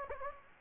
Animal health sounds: mosquito wingbeat signal from an infrared sensor; Anopheles gambiae

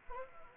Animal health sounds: mosquito wingbeat signal from an infrared sensor; Anopheles arabiensis

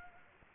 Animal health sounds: mosquito wingbeat signal from an infrared sensor; Culex quinquefasciatus

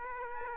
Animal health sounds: mosquito wingbeat signal from an infrared sensor; Aedes aegypti

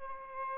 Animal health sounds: mosquito wingbeat signal from an infrared sensor; Aedes albopictus

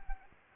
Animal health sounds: mosquito wingbeat signal from an infrared sensor; Anopheles gambiae

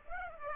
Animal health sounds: mosquito wingbeat signal from an infrared sensor; Aedes aegypti

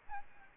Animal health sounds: mosquito wingbeat signal from an infrared sensor; Aedes albopictus

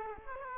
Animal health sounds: mosquito wingbeat signal from an infrared sensor; Culex quinquefasciatus

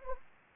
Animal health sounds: mosquito wingbeat signal from an infrared sensor; Anopheles gambiae

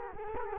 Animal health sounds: mosquito wingbeat signal from an infrared sensor; Culex quinquefasciatus

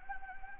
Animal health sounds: mosquito wingbeat signal from an infrared sensor; Anopheles gambiae

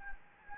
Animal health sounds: mosquito wingbeat signal from an infrared sensor; Anopheles gambiae

